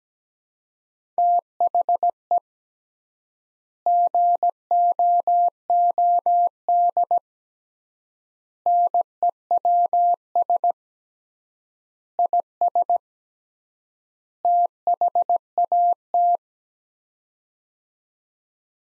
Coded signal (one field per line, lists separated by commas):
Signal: Morse code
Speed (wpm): 17 wpm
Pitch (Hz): 700 Hz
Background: none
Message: THE GOOD NEWS IS THAT